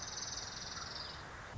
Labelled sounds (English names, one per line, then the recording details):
Orange-crowned Warbler
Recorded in Sonoma County, California